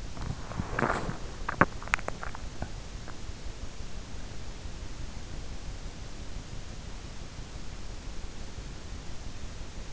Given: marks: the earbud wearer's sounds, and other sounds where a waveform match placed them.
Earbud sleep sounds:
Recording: sounds in sleep by an in-ear microphone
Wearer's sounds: body movement, swallowing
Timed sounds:
0.00-1.49 s: body movement
0.78-3.54 s: swallowing

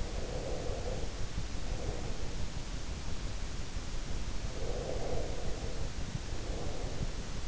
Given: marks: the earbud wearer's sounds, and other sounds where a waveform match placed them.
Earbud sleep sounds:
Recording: sounds in sleep by an in-ear microphone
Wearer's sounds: breath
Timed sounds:
0.05-2.67 s: breath
4.64-7.48 s: breath

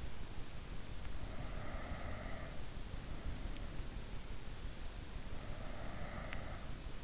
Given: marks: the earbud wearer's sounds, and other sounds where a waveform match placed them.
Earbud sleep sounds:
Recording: sounds in sleep by an in-ear microphone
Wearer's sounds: breath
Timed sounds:
1.11-2.97 s: breath
5.45-7.04 s: breath

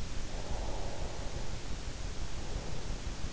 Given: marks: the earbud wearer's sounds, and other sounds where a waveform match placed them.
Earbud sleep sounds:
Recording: sounds in sleep by an in-ear microphone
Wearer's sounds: breath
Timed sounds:
0.08-3.12 s: breath

